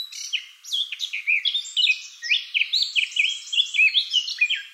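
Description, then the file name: Eurasian blackcap song: a fast warble of high chirps and slurred whistles with a brief dip early on, lasting nearly five seconds. "Sylvia atricapilla"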